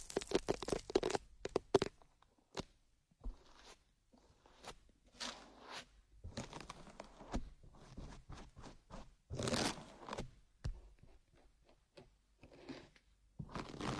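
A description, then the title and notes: Ear picking makes scratchy rubbing and crackling bursts, dense at first, then irregular clicks and scrapes with pauses, a loud rustle near ten seconds. Delicate and high-end feeling, positive pressure, various ear picking methods.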